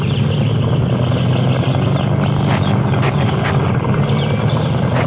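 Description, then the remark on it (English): The engine of a 15-foot motorboat on a lake runs steadily with a loud, constant low rumble and drone, accompanied by a broad hiss and occasional faint splashy clicks. “Well, it's only a 15-footer, but we love it. Come on, hop in. I'll give you the wheel when we get out into the lake.”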